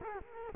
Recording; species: mosquito wingbeat signal from an infrared sensor; Culex quinquefasciatus